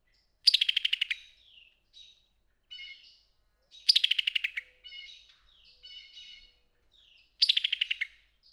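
Summer tanager giving three rapid staccato runs of about ten clicking notes that fall slightly in pitch, with soft scattered chips between.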